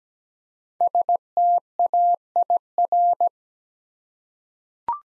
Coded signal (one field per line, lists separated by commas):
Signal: Morse code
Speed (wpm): 17 wpm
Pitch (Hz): 700 Hz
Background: none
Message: STAIR